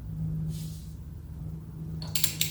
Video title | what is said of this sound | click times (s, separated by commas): Model 3 Complete Wheel Swap Guide Summer / Winter plus Rotation and TPMS programming | I'm gonna start and it's bill and I hear it pop | 2.2 s, 2.4 s